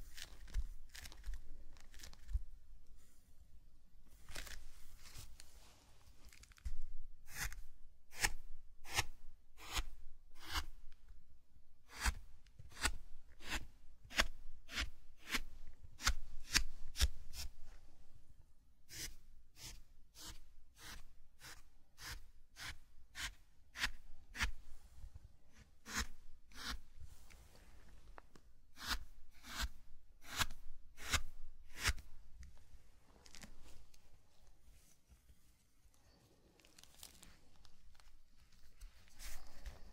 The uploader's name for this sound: Zen Garden - Sand Crinkle Brushing Tapping Cup Sounds